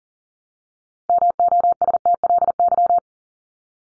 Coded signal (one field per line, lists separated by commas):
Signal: Morse code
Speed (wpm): 40 wpm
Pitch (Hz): 700 Hz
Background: none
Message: MOSTLY